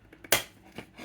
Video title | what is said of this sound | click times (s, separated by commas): NES Slotmaster With Ejector (Laser Bear Edition) | And just like that, everything is lined up. It snaps into place. | 0.3 s